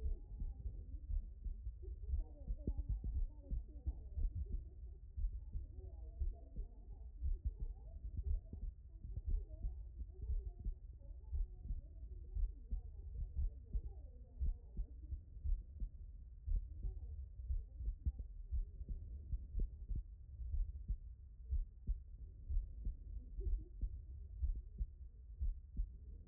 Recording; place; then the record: heart sounds by stethoscope; tricuspid valve (TV)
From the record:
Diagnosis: non-HFrEF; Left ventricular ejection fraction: 74%